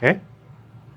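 An ECC RAM module is being pressed into a server motherboard DIMM slot while someone talks briefly at the start, followed by a quiet low hum. The module has not seated and the DIMM slot latch has not clicked yet.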